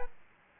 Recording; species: mosquito wingbeat signal from an infrared sensor; Aedes aegypti